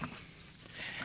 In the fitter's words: And you'll hear the popping sounds of the tabs releasing. And you do that all the way across.